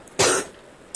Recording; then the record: coughing mixed with background sound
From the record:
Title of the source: 34 coughing up crap again